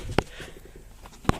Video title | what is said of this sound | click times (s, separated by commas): BMW E39 Manual Transmission Conversion DIY | Push that up so it clicks in place. | 0.2 s, 1.3 s